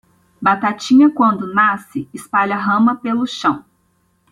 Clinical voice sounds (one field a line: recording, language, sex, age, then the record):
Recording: short text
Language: Brazilian Portuguese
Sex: female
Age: 20 to 29 years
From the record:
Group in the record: control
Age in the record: 29 years